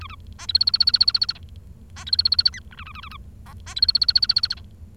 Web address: nccratliri vad-multi-species. bengalese finch